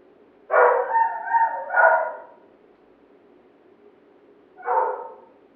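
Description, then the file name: Dog giving a quick string of rough barks, a short silence, then one more bark. Neighbours' dog barking. "Digiffects Sound Effects Library - Neighbours Dog Barking"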